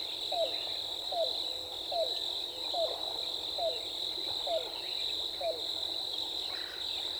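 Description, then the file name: Yellow-billed cuckoo gives a steady series of seven low, hollow down-slurred notes, just under a second apart, over a continuous high insect drone and faint chirps. On 14 April 2018. "2018-04-14 YBCU"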